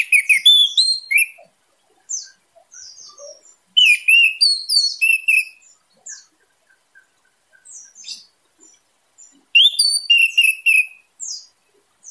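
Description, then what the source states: Orange-headed thrush song: bursts of loud, varied, rapid chirping phrases separated by quieter scattered notes, the burst recurring three times. Singing intensely; song style described as 'teler' and 'gacor dor'.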